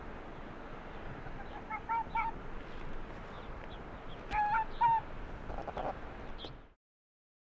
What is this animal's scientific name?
Vulpes lagopus